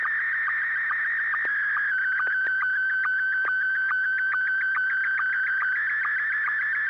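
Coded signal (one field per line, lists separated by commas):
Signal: SSTV (slow-scan television)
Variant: Scottie 1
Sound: steady warbling tone around 1.5 kHz, interrupted by short lower blips about twice a second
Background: low mains hum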